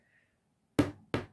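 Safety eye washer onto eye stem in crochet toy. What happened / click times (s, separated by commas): The plastic washer clicked onto its stem in two steps / 0.8 s, 1.1 s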